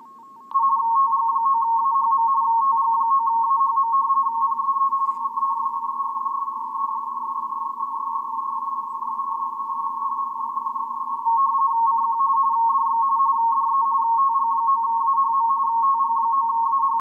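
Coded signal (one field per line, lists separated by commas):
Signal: RTTY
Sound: steady rapid warbling between two close tones, continuous teleprinter chatter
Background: faint radio hiss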